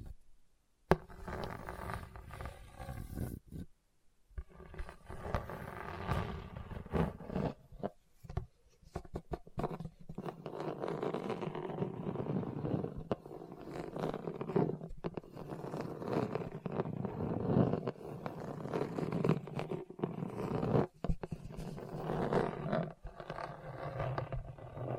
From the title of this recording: Hard and Bumpy Surface Scratching